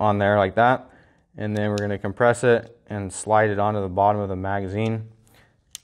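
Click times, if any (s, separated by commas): 5.8 s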